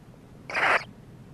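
Barn owl giving a single short, harsh hissing screech lasting about a third of a second against a soft background hum.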